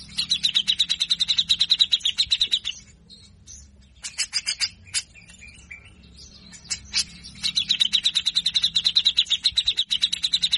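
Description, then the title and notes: Grey-cheeked bulbul song: two rapid bursts of high buzzy repeated notes, separated by a spell of scattered sharp scratchy chips and brief pauses. Masteran training audio for songbirds; energetic (gacor) bird; song styles named besetan kasar, mbeset and ngepik. "MASTERAN CUCAK JENGGOT GACOR FULL BESETAN KASAR. Masteran cucak Jenggot gacor Mbeset Ngepik. Burung cucak jenggot"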